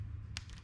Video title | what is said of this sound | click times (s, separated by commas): How to Depin a Subaru Gauge Cluster Connector | and then to put it back in same thing slide it in here the click | 0.4 s